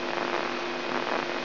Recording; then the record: brain microelectrode recording played as sound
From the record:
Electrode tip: inside the subthalamic nucleus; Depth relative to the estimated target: 0 mm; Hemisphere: left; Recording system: AlphaMap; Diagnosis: Parkinson's disease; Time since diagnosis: 17 years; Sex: female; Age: 63 years